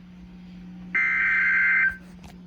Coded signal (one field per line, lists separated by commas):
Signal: Emergency Alert System (SAME) tones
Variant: header bursts